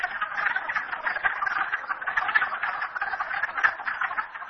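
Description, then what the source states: A mass of frogs calling at once, fast overlapping croaks producing an unbroken, pulsing clatter. Frogs recorded at Merryspring.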